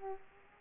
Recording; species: mosquito wingbeat signal from an infrared sensor; Aedes aegypti